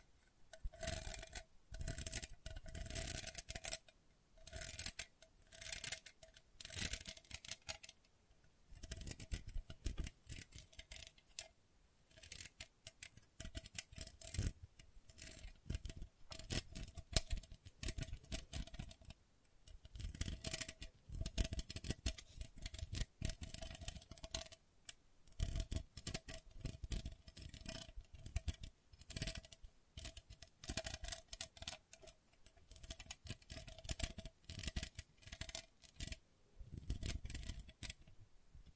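Gentle scratching in quick, irregular bursts of dry rasping strokes with brief pauses, a faint steady mid-pitched tone running underneath throughout.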